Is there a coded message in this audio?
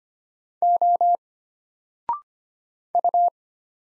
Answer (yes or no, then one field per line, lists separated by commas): yes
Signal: Morse code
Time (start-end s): 0.6-3.3 s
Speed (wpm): 25 wpm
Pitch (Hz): 700 Hz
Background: none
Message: O U